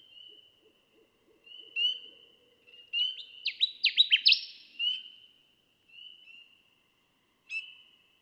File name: Connecticut Warbler